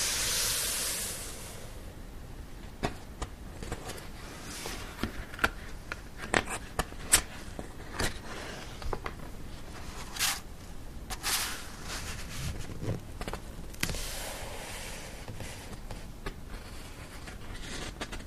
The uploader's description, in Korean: 책을 넘기는 소리